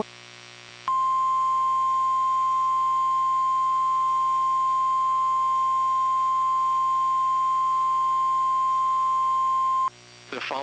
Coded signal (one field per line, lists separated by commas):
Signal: Emergency Alert System (SAME) tones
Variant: 1050 Hz attention tone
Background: speech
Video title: NOAA weather radio EAS #63 required weekly test